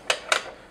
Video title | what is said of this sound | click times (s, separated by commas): Toy Review: Armarauders Bellerophon (Retail Ver.) | and it locks into place you can also | 0.1 s, 0.3 s